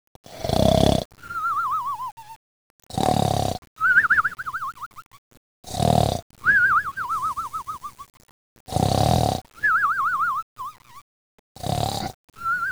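Cartoon-style snoring sound effect: loud, harsh snorting inhalations alternating with a warbling, whistling exhalation, repeating about every two and a half seconds.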